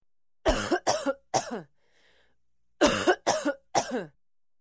Female cough.